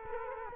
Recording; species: mosquito wingbeat signal from an infrared sensor; Culex quinquefasciatus